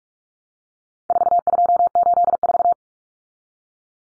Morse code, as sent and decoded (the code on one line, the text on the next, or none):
....- ..--- ---.. ....-
4284